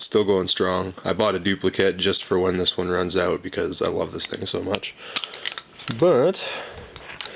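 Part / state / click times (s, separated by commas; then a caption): ferrocerium rod separating from its handle/cap / released / 7.2 s. Someone talks, then pulls apart a well-used fire steel, a ferrocerium rod with a striker and housing, and the rod pops apart from its holder. A short snap at 7.2 s marks the release.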